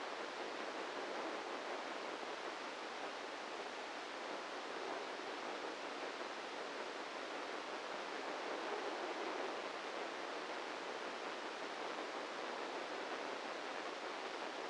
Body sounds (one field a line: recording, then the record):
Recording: brain microelectrode recording played as sound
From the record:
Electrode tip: inside the subthalamic nucleus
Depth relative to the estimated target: -2 mm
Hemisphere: right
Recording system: NeuroSet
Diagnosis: Parkinson's disease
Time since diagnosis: 7 years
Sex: male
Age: 44 years